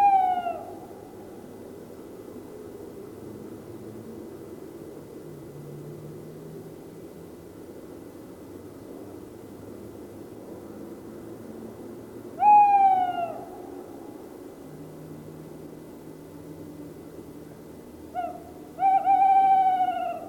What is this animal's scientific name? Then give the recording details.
Strix aluco. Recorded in the wild. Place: Bergen, Insel Rügen, Mecklenburg-Vorpommern, DE. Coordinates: 54.415, 13.426. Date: 1975-02-21. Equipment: Nagra III BH, Sennheiser MD 21, parabola. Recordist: Schubert, Michael